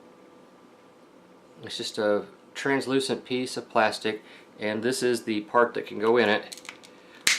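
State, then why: Seated. Someone talks while fitting a plastic accessory part into a translucent plastic weapon piece of a transforming robot toy. A sharp snap at 7.3 seconds marks the part seating into place.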